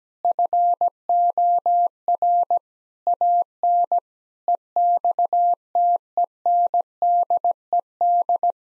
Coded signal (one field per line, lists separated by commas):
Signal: Morse code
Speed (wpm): 17 wpm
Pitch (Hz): 700 Hz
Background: none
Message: FOR AN EXTENDED